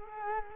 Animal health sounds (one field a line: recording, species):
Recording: mosquito wingbeat signal from an infrared sensor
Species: Culex quinquefasciatus